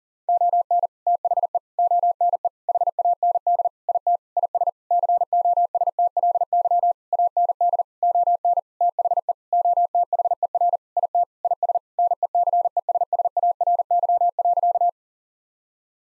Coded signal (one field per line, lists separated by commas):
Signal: Morse code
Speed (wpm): 40 wpm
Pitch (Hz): 700 Hz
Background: none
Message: ON THE ONE HAND IT IS COSTLY AND ON THE OTHER IT IS NECESSARY.